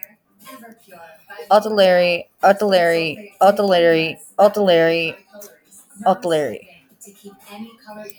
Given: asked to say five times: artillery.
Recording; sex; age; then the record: repeated word; female; 30 to 39 years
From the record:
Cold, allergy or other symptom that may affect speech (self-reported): no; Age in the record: 34 years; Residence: Texas, United States